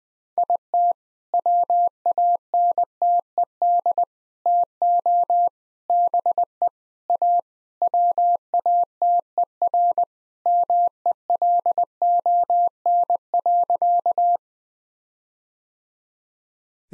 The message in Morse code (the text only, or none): IT WANTED TO BE A WATER MELON.